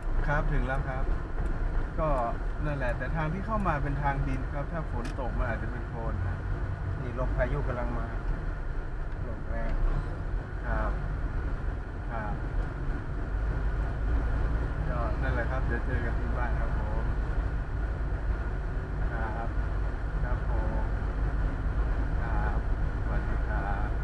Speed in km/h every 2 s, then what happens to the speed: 21, 20, 24, 28, 29, 28, 29, 29, 29, 31, 31, 32.
2-7 speeds up to 29. 7-24 steady at about 29.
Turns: none.